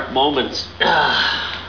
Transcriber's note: sigh